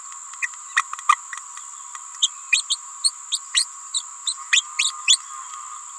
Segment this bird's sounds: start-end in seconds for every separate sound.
0.42-0.47, 0.76-0.83, 1.08-1.16, 2.21-2.30, 2.52-2.62, 2.69-2.77, 3.03-3.11, 3.32-3.40, 3.53-3.65, 3.94-4.02, 4.26-4.34, 4.51-4.64, 4.78-4.91, 5.07-5.18